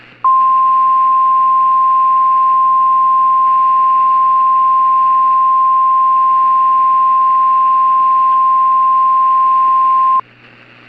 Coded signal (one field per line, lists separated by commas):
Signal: Emergency Alert System (SAME) tones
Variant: 1050 Hz attention tone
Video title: noaa weather radio Eas scenario: The thunderstorm